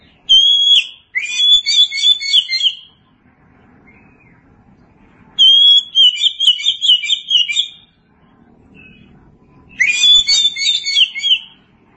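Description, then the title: Oriental magpie-robin delivering several loud, varied song phrases of sweet whistles and chattering notes, separated by quiet gaps. Long-duration recording. "Kacer"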